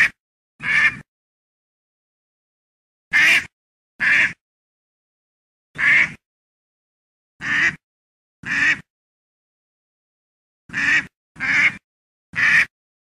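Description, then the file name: Duck calling with brief raspy quacks, singles and pairs, then a closing run of three quick calls, nothing else heard. "Odglosy zwierzat kaczka"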